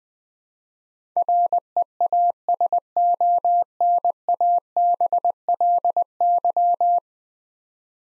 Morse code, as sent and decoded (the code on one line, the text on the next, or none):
.-. . .- ... --- -. .- -... .-.. -.--
REASONABLY